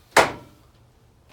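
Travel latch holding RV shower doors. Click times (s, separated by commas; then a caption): 0.2 s. A small travel latch that holds the shower doors back in a Jayco 330RSTS camper is pushed closed. It gives one sharp, bright click at 0.2 s that fades over about a quarter second into quiet background hiss. The latch is seated, shut for travel.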